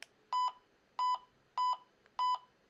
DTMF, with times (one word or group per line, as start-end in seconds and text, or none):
none